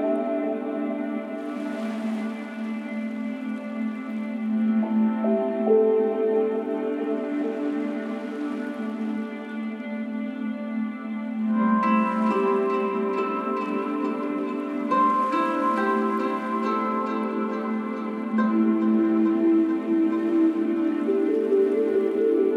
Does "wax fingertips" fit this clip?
no